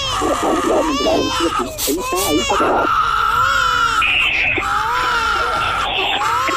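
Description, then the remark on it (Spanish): A newborn baby girl cries loudly and almost without pause, a string of high, wavering, strained wails, with faint adult voices murmuring underneath. “¿Ese es el llanto de la niña?”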